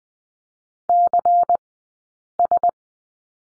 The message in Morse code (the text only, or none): CS